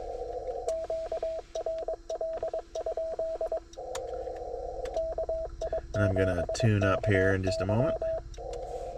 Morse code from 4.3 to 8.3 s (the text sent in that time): KI7KY